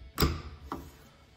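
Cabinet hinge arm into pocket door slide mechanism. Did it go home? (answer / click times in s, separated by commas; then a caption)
yes / 0.2 s, 0.7 s. Metal cabinet hinge arms on a KV 8092 pocket door system are pressed into the groove at the front of the pocket door slide, both at the same time. They lock in with sharp snaps at 0.2 s and 0.7 s, and the release lever at the back now holds the hinge in place.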